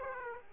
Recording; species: mosquito wingbeat signal from an infrared sensor; Aedes aegypti